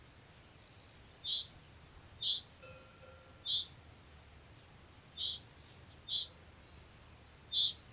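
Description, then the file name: Common chaffinch calling with brief high notes spaced about a second apart, a few thin faint sounds between them. "Fringilla coelebs"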